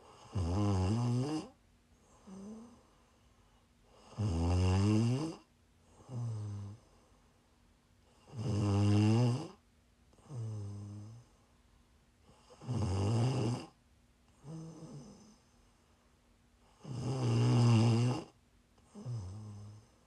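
An adult woman snoring in her sleep: steady, low-pitched snores about every four seconds, each loud rumbling snore followed by a softer, shorter one, in a quiet room.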